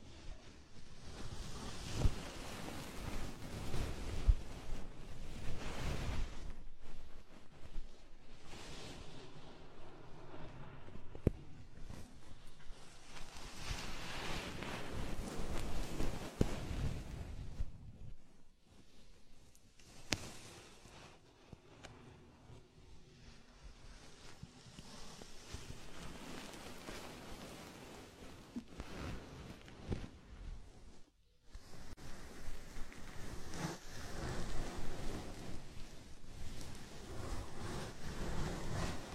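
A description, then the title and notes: Bath water sloshes and swirls in irregular surges, with wet rubbing sounds, a brief quiet near twenty seconds and another near thirty-one. Body oil massage and bubble bath.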